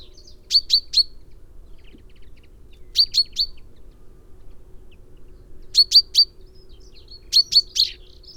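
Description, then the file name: Common chaffinch calls: sharp, bright chip notes in quick clusters of three or four, repeated every one and a half to three seconds over a faint low hum. "Fringilla coelebs"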